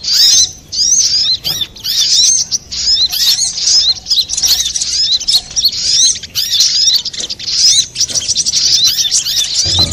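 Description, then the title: Little spiderhunter with a long run of shrill, rapid chirping in bursts separated by brief gaps; a low thump at the very end. Master recording for training cage birds, labelled Labaik. "Masteran Burung Sogok Ontong Labaik"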